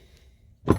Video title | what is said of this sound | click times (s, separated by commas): STIHL MS250 Replacing engine housing warranty | kind of pops right in without without | 0.7 s